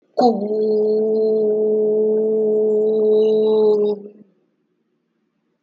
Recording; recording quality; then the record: sustained vowel as in boot; excellent, no background noise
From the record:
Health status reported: healthy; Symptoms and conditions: diabetes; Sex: male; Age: 58 years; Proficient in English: yes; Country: India